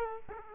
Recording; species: mosquito wingbeat signal from an infrared sensor; Aedes aegypti